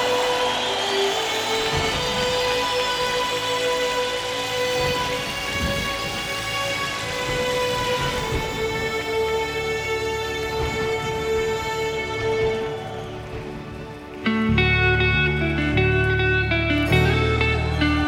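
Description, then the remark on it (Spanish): Steady, dense rain hisses throughout, mixed with sustained ringing tones that shift pitch partway through and swell louder near the end. “Bendita la lluvia que viene del cielo.”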